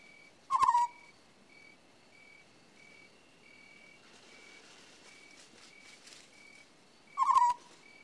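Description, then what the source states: Owl screeches twice, each call harsh and dropping, about seven seconds apart, with a regular high pulsed trill and a burst of rustling noise between them. Owl calling at night with crickets in the background.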